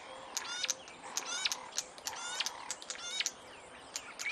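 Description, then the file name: Warbler producing lively bursts of high, sweeping notes in short chattering phrases. "audio hero Bird Warbler"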